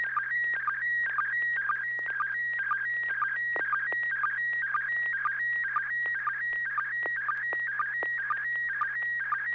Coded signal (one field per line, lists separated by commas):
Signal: SSTV (slow-scan television)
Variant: PD 120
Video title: N6NA SSTV Net - 04/10/2024